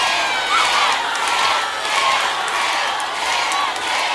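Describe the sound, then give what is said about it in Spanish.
A large concert crowd cheers and shouts continuously during a live album recording, a dense wash of voices with scattered higher whoops rising above the roar, staying loud and steady throughout. “Son ustedes los que cantan, los que gritan, saltan y dicen ¡ay, amor, bien fuerte!”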